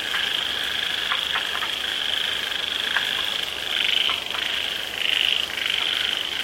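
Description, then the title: Frog chorus of steady high trilling, with brief louder surges near the end, over a constant wash of falling rain. Frogs calling in the rain; their sound gradually becomes quieter as the rain grows heavy. "The sound of frogs in the rain - the sound of frogs gradually becomes smaller when the rain is heavy"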